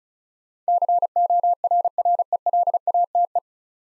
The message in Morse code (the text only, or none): CORRELATE